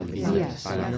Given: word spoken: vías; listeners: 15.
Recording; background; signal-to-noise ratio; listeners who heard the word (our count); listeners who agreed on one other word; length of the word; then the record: one Spanish word in noise, from a listening test; eight-talker babble; 0.7 dB; 1 of 15; 10 of 15; 0.58 s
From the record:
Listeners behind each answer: 10, 2, 1, 1, 1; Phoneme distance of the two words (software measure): 10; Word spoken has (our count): 2 syllables, 4 phonemes, stress on syllable 1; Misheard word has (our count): 2 syllables, 4 phonemes, stress on syllable 1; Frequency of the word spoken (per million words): 40.65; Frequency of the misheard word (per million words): 492.55